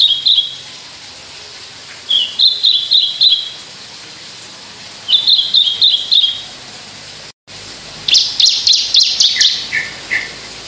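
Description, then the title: Javan bush lark song: short bursts of about five rapid chirps separated by pauses, ending in a denser run of high notes. Indonesian sundul langit song style, described as a skyward song flight. "Branjangan Sundul Langit 3"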